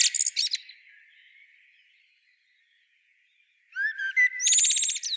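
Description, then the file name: Common blackbird: the squeaky end of one song phrase, a long silence, then a fresh phrase of whistled notes and high twittering. "Turdus merula"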